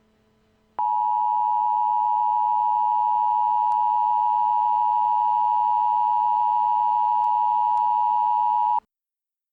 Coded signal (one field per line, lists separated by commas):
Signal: Emergency Alert System (SAME) tones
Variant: 853 and 960 Hz attention tone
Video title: Tornado Warning Sussex NJ (EAS Mock).